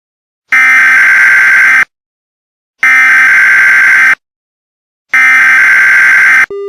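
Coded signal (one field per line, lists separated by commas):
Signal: Emergency Alert System (SAME) tones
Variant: header bursts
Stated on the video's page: Fictional Halloween EAS scenario.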